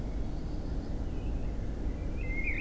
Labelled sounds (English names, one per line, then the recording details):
Common Blackbird
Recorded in Germany
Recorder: ecoPi